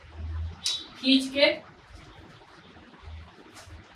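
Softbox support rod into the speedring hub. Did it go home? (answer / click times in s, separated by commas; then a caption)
no / none. A metal support rod of an octagonal softbox is pulled upward toward the central speedring hub, into which it is meant to lock automatically. Someone talks over a brief sharp handling sound at about 0.7 s, followed by quieter rustling. Nothing has seated or clicked yet.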